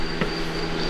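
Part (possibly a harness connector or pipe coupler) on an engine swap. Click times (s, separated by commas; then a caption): 0.2 s. During an engine swap, a part, possibly a harness connector or a pipe coupler, is pushed in with knock-like hits. A single sharp knock lands at 0.2 s over a steady background hum with a high whine. The part goes partly in but is not fully home.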